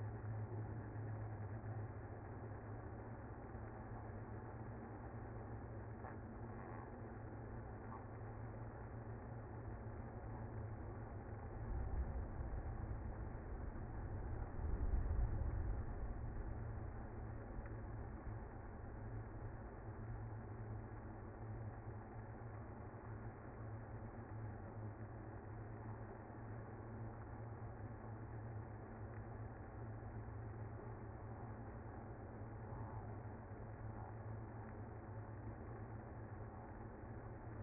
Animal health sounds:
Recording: honeybee colony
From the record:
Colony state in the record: active

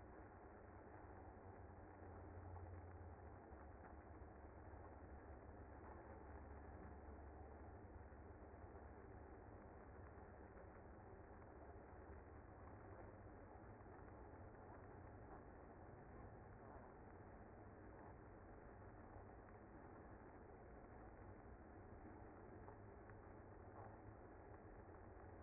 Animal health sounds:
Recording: honeybee colony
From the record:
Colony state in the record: active

